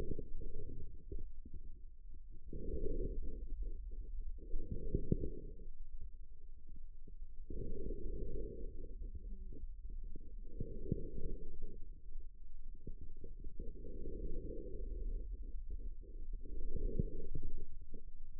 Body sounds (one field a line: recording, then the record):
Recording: forearm muscle sounds (acoustic myography)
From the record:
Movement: inward rotation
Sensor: system 2, bracelet of six BSWA MPA416 microphones around the upper forearm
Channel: 4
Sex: male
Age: 22 years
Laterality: right